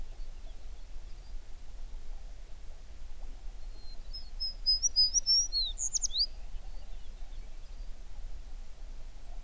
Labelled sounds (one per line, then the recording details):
songbird
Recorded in the Prudhoe Bay oil fields, Alaska, on 11 June 2019 at 05:40
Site 21